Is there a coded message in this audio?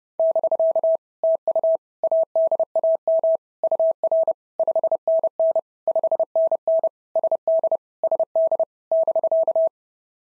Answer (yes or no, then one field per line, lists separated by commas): yes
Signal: Morse code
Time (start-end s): 0.2-9.7 s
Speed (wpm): 30 wpm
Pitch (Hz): 650 Hz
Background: none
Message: <BK> TU ADAM UR 5NN 5NN SD SD <BK>